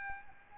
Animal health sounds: mosquito wingbeat signal from an infrared sensor; Aedes albopictus

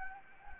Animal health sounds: mosquito wingbeat signal from an infrared sensor; Anopheles gambiae

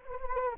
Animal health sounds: mosquito wingbeat signal from an infrared sensor; Anopheles gambiae

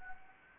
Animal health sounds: mosquito wingbeat signal from an infrared sensor; Anopheles gambiae

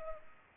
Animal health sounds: mosquito wingbeat signal from an infrared sensor; Culex pipiens

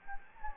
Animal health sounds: mosquito wingbeat signal from an infrared sensor; Anopheles gambiae

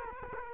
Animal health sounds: mosquito wingbeat signal from an infrared sensor; Culex quinquefasciatus

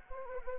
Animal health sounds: mosquito wingbeat signal from an infrared sensor; Anopheles arabiensis

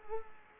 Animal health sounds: mosquito wingbeat signal from an infrared sensor; Culex quinquefasciatus

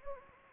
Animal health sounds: mosquito wingbeat signal from an infrared sensor; Anopheles gambiae

